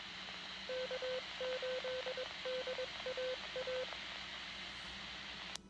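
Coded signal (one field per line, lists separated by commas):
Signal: Morse code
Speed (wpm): 21 wpm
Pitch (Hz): 510 Hz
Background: radio noise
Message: K8DAA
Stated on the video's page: Grand Rapids area repeater idents, plus weather radio station.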